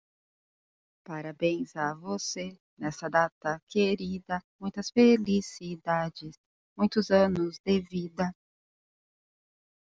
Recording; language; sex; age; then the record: short text; Brazilian Portuguese; female; 40 to 49 years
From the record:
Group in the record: control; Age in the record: 43 years